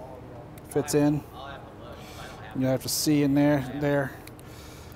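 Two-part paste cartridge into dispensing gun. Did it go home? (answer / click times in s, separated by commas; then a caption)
yes / 4.4 s. A two-part poly paste cartridge with a mixer tube, used for a GEnx-1B2B fan blade platform repair, is lined up with the small holes on a dispensing gun and pushed in while someone talks. A short sharp click comes at 4.4 seconds as the cartridge locks in place in the dispenser.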